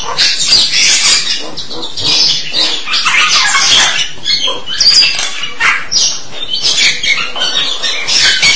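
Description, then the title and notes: Starling pouring out rapid harsh, grating chatter with interspersed squeaks and thin whistled notes, almost without pause. "suara burung jalak"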